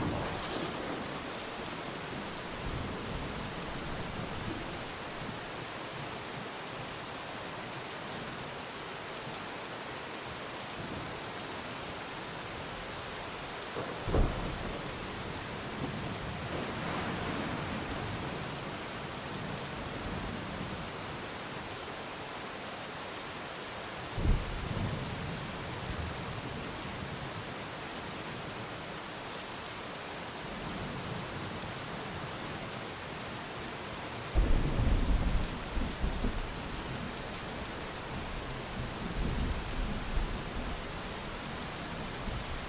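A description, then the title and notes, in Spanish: A thunderstorm with steady, gentle rain falling in a dense, even hiss throughout. Low rumbles of thunder roll in around 14, 17, 24 and 34 seconds, the later ones sharper and closer, with a longer grumble near the end. TORMENTA y LLUVIA. Las melodías atronadoras y los sonidos regulares de la lluvia. Una tormenta y una lluvia benévola.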